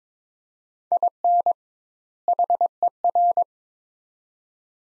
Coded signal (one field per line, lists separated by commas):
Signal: Morse code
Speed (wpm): 22 wpm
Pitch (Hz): 700 Hz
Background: none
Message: IN HER